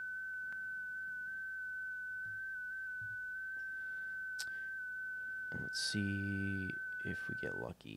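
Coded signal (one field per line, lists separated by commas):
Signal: FT8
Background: speech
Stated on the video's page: FT8 hound mode operated from the RHR console.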